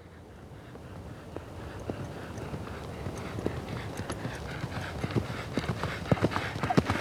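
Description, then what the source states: Horse cantering, rhythmic thudding hoofbeats on soft ground growing steadily louder throughout. Horse cantering by on a dirt surface.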